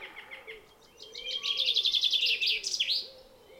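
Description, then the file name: Common chaffinch song: a rapid trill of sharp notes ending in an emphatic flourish, with a low, soft repeated sound in the background. "Fringilla coelebs"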